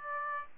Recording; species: mosquito wingbeat signal from an infrared sensor; Aedes aegypti